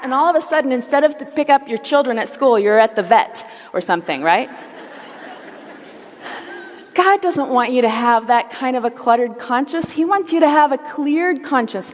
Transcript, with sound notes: And all of the sudden, instead of to pick up your children at school, you’re at the vet... or something. Right? (laughter) God doesn’t want you to have that kind of a cluttered conscience! He wants you to have a cleared conscience.